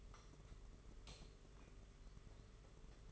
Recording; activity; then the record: daily activity, microphone in the room; light on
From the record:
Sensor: 4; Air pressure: 991.8 hPa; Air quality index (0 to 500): 98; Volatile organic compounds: 11 ppm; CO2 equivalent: 2295 ppm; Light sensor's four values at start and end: 7/16/6/6 and 9/25/9/11